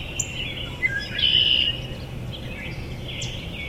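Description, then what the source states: Redwing calling among other chirps and twitters, with a clear, steady whistled note held for about half a second, over low background noise. 13 May 2010.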